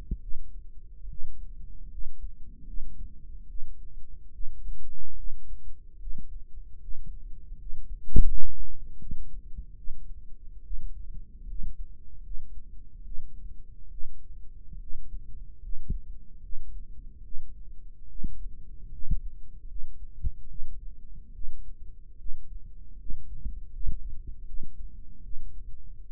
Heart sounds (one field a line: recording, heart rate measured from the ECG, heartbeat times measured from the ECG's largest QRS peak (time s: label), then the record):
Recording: heart sounds by microphone in the right ear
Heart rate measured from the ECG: 74 bpm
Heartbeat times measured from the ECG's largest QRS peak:
0.20 s: heartbeat
1.08 s: heartbeat
1.89 s: heartbeat
2.65 s: heartbeat
3.47 s: heartbeat
4.31 s: heartbeat
5.15 s: heartbeat
5.98 s: heartbeat
6.79 s: heartbeat
7.56 s: heartbeat
8.25 s: heartbeat
8.98 s: heartbeat
9.75 s: heartbeat
10.62 s: heartbeat
11.45 s: heartbeat
12.22 s: heartbeat
13.02 s: heartbeat
13.89 s: heartbeat
14.78 s: heartbeat
15.60 s: heartbeat
16.41 s: heartbeat
17.22 s: heartbeat
18.07 s: heartbeat
18.90 s: heartbeat
19.66 s: heartbeat
20.47 s: heartbeat
21.32 s: heartbeat
22.17 s: heartbeat
22.97 s: heartbeat
23.71 s: heartbeat
24.45 s: heartbeat
25.22 s: heartbeat
26.05 s: heartbeat
From the record:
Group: healthy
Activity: rest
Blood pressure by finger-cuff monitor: 106/54 mmHg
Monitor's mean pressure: 71 mmHg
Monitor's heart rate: 74 bpm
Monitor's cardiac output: 7.3 L/min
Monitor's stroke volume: 99 mL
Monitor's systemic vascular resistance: 690 dyn s/cm5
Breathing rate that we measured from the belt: 15 breaths a minute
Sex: female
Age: 22 years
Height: 160 cm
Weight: 63 kg